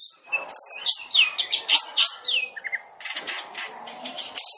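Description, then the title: Long-tailed shrike song of quick, looping whistled notes and high chirps, then a short buzzy trill and harsher scratchy bursts. Long-tailed shrike song used as masteran, training material for other shrikes; described as full tembakan, rapid burst-style song. "MASTERAN CENDET FULL TEMBAKAN"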